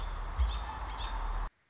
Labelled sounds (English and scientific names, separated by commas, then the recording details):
American Robin (Turdus migratorius)
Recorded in Sonoma County, California